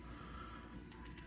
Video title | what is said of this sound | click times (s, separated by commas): How to take apart and clean a phillips norelco electric razor | you turn it to the right clockwise until it clicks | 0.9 s, 1.1 s